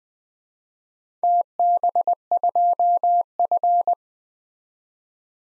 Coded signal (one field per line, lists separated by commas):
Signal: Morse code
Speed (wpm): 20 wpm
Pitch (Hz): 700 Hz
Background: none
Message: TB2F